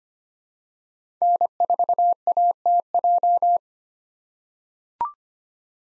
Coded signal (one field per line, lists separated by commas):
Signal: Morse code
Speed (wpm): 25 wpm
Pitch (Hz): 700 Hz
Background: none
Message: N4ATJ